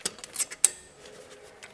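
A metal brake pad retaining clip is fitted into the caliper carrier bracket while front brake pads and discs are replaced on a Peugeot 107, Citroën C1 or Toyota Aygo. A few light metallic ticks of handling come first, then a sharp metallic snap at 0.6 s as the clip seats in the bracket, followed by a faint ringing tail and a soft tick near the end.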